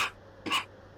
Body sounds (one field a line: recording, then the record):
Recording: coughing mixed with background sound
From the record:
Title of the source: 64 coughing, allergies, singing lungs